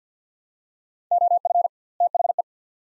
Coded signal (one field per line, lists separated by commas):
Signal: Morse code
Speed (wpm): 50 wpm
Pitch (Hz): 700 Hz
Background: none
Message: OF THE